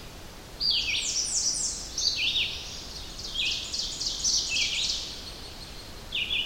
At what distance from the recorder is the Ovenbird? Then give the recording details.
about 70 m. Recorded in boreal forest in Alberta, Canada, on 10 June 2016 at 07:52. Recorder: SongMeter 3, array SBT-3-39. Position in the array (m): 217 m, 172 m. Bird 17